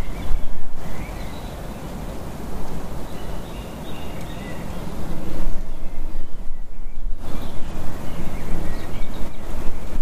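Birds are calling in the early morning, restrained rather than a full chorus: short chirps and brief trilled phrases scattered through the clip. Underneath runs a steady low rumble, a bit louder after the midpoint, with a quieter gap around six to seven seconds.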